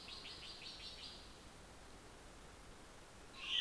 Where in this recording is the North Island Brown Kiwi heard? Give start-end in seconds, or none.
none